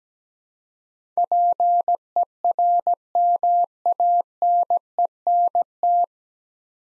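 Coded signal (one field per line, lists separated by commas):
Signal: Morse code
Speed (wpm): 17 wpm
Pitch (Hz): 700 Hz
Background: none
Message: PERMANENT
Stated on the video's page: Morse practice drill at 17 wpm: nine-letter words for head-copy, each sent twice, aiding the transition from individual characters to whole words.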